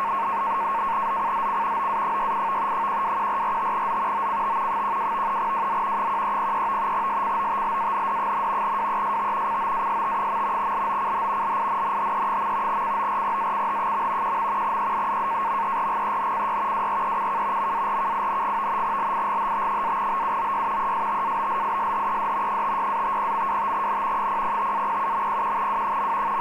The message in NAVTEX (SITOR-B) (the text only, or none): ZCZC OA68 121445Z OCT 12 WZ 1303 SCOTLAND, WEST COAST. LOCH LINNHE. CORPACH. 1. EMERGENCY WRECK MARKING LIGHT-BUOY ESTABLISHED 56-50.25N 005-07.01W.